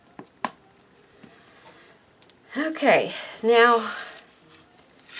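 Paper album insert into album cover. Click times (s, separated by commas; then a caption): 0.5 s. An inner paper insert of a handmade paper album, apparently with a magnetic closure, is pressed into the album cover and snaps sharply into place at 0.5 s, after a fainter tap at 0.2 s. Someone talks from about 2.5 s, and the insert is seated.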